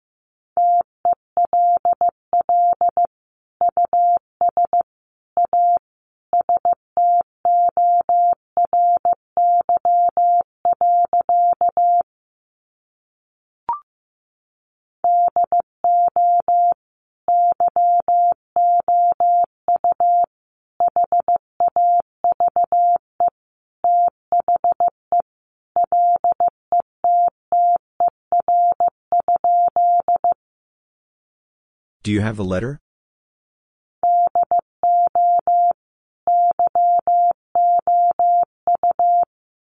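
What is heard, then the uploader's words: Morse code beeps in a steady mid-pitched tone, short and long pulses in groups with brief pauses, interrupted once by a short burst of noise near thirty-two seconds. Sentences from Top 300 Words 15wpm. First, the words are sent in Morse code.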